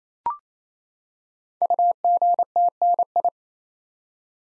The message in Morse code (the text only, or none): UGTNI